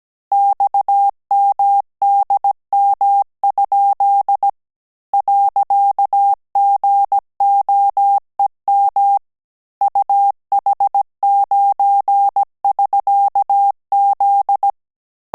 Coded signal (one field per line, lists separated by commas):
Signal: Morse code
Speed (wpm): 17 wpm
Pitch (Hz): 800 Hz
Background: none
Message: XMDM? .GOEM UH9<SK>Z